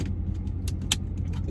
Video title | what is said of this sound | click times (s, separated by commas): BlackVue Dash Cam Install - 2-Channel Full HD - APP Overview - OctaneRed_392 | snaps back in like that pretty sure you guys heard that so | 0.9 s